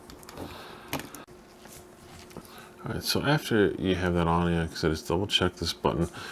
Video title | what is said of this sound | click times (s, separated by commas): Clean Xbox One Controller: How To Make It Look and Feel New Again | twist it up so it goes on it'll snap into place | 0.9 s